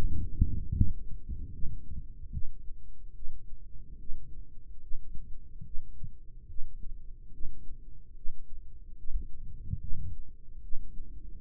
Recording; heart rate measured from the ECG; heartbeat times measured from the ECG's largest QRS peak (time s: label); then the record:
heart sounds by microphone in the right ear; 73 bpm
0.75 s: heartbeat
1.53 s: heartbeat
2.33 s: heartbeat
3.15 s: heartbeat
3.99 s: heartbeat
4.82 s: heartbeat
5.65 s: heartbeat
6.49 s: heartbeat
7.33 s: heartbeat
8.16 s: heartbeat
8.98 s: heartbeat
9.81 s: heartbeat
10.63 s: heartbeat
From the record:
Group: healthy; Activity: rest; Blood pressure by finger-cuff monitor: 101/84 mmHg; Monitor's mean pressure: 92 mmHg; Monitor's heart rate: 72 bpm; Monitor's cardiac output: 3.4 L/min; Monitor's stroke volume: 46 mL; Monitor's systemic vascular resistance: 1990 dyn s/cm5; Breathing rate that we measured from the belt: 17 breaths a minute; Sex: male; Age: 55 years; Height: 167 cm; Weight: 57.2 kg